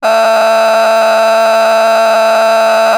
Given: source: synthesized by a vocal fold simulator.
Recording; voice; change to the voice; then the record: sustained vowel; female; vocal strain, level 10 of 10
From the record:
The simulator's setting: 1.00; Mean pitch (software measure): 223 Hz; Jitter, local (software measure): 2.75%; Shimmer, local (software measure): 4.0%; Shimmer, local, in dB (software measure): 0.35 dB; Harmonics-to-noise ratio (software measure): 11.1 dB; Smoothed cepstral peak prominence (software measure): 12.7 dB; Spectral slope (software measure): -17.1 dB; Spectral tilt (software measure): -7.9 dB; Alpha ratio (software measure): -7.7 dB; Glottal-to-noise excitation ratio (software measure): 0.918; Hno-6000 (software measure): 1.6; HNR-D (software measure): 30.3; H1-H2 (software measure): -4.6 dB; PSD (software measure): 1.7e-03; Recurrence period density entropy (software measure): 0.124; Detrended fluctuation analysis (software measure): 0.0086